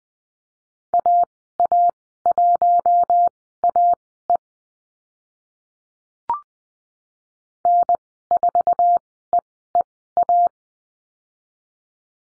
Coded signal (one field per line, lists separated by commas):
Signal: Morse code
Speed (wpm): 20 wpm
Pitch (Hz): 700 Hz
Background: none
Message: AA1AE N4EEA